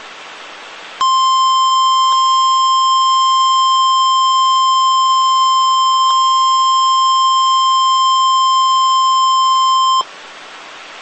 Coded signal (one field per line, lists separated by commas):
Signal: Emergency Alert System (SAME) tones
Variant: 1050 Hz attention tone